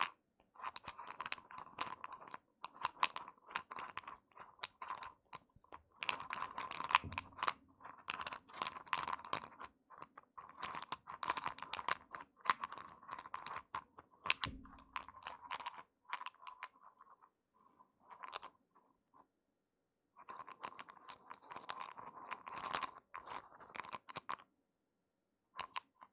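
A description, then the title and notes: Wooden eggs clack and knock together in quick, irregular bursts of bright, dry taps, pausing briefly around fifteen and twenty seconds. ASMR Relaxing wooden eggs sounds (No Talking).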